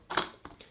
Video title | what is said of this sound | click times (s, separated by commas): Canon SL3 (250D) Tutorial - Beginner’s User Guide to Buttons & Menus | you're gonna push it all the way in until we hear and click just | 0.2 s, 0.4 s